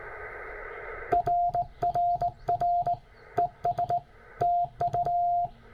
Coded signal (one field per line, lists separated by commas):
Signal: Morse code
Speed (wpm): 18 wpm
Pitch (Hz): 690 Hz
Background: radio noise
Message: RRR ES TU